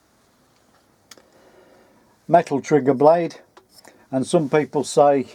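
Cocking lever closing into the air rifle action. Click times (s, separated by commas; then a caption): 1.1 s. The metal side cocking lever of a Kral NP02 PCP air rifle is pushed back home into the action, closing with a sharp click at 1.1 s followed by a faint low rustle. The lever seats without needing much force, and from about 2.3 s someone talks.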